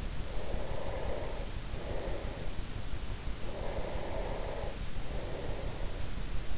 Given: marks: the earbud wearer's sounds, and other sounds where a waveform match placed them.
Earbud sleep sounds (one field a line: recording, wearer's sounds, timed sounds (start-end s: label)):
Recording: sounds in sleep by an in-ear microphone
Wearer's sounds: breath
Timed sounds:
0.32-2.61 s: breath
3.31-6.57 s: breath